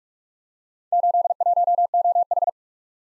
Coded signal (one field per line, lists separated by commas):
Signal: Morse code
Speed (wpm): 46 wpm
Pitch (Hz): 700 Hz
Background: none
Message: 81OH